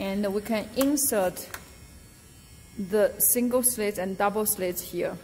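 A single/double slit slide is being handled at the optics bench holder, in front of the light aperture, while someone talks over a faint hum. Nothing has seated or clicked into its detent position yet; the clip ends just before the slide goes home.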